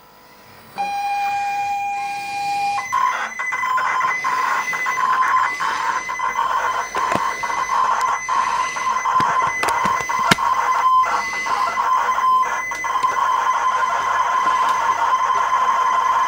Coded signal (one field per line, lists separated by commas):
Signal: ZX Spectrum tape loading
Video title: retro sinclair zx spectrum + 2 computer review part one with twin turbo v8 music